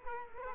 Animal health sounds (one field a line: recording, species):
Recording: mosquito wingbeat signal from an infrared sensor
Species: Culex quinquefasciatus